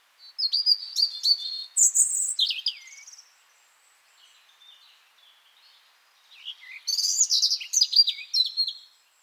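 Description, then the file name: European robin song: two bursts of high, thin, varied warbling phrases with sharp whistles and descending slurs, separated by a quieter, softer passage of faint twittering. "Erithacus rubecula"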